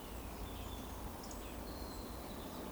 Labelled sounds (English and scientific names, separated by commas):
Eurasian Woodcock (Scolopax rusticola) whistle